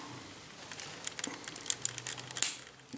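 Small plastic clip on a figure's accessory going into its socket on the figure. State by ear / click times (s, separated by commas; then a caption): seated / 2.4 s. A small plastic clamp on an accessory of a RIOBOT VR-038L Rook Bartley action figure is pushed into its socket on the figure, with a run of light plastic ticks and rattles from about 1.0 s. It snaps into place with a sharp click at 2.4 s and holds everything together firmly.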